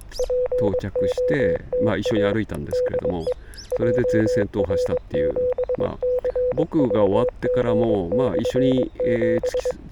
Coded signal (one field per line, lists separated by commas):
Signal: Morse code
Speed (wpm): 22 wpm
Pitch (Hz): 500 Hz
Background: speech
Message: POTA DE JR7CVG/7